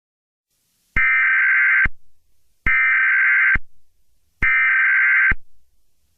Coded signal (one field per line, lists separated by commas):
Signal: Emergency Alert System (SAME) tones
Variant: header bursts